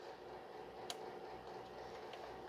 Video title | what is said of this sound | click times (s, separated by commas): 2010 Toyota Corolla 1.8 - Clutch Replacement - Part 3 - Installation -Shifter Control Cable Bushings | you will hear the clip uh a click uh into place when you uh | 0.9 s